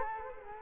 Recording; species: mosquito wingbeat signal from an infrared sensor; Culex quinquefasciatus